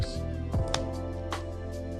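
A refillable plastic vape pod with contact prongs on its base is pushed down into the device body onto its internal prongs, over steady background music. A sharp snap is heard at 0.7 s, with a softer knock around 1.3 s. The pod is seated, snapped in securely.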